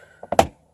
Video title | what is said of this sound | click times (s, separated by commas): Nissan 350z Pull Handle Replacement | this down there hear that click and so | 0.4 s